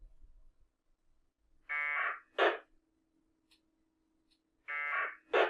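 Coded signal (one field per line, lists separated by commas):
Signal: packet radio (AX.25, as in APRS)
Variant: 1200 baud AFSK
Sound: two pairs of short harsh buzzing data bursts, each a tonal buzz then rough hiss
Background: radio squelch noise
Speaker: if you hear you'll hear I have the packet data going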